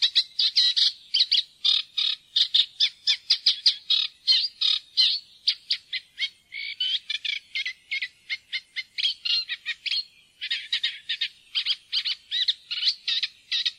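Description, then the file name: Eurasian reed warbler song: a long run of harsh, chattering notes in steady rhythm, with brief pauses near six and ten seconds; no other sounds. "roersanger"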